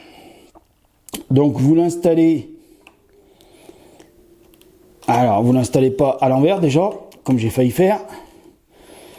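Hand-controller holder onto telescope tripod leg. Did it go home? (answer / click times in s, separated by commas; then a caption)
no / none. A plastic hand-controller holder for a telescope is handled against the telescope tripod leg it clips onto, after nearly being mounted upside down. Someone talks in two bursts, with faint taps and handling noises in the quiet gaps between. Nothing has seated or clicked into place yet.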